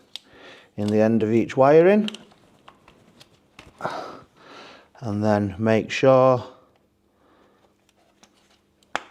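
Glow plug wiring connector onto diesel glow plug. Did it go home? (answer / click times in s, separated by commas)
yes / 9.0 s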